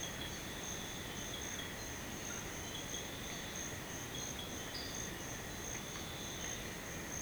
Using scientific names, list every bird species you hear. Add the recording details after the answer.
none. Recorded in secondary vegetation near Puerto Asís, Putumayo, Colombia, on 18 February 2024 at 05:30. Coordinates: 0.472, -76.331. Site G6371